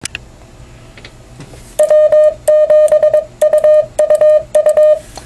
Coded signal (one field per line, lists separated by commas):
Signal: Morse code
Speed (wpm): 22 wpm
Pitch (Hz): 610 Hz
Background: none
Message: W7UUU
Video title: Basic Split operation on a Yaesu FT-950 HF Transceiver